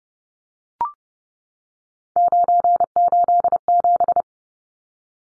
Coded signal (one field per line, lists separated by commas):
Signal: Morse code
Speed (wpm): 30 wpm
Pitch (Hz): 700 Hz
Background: none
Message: 987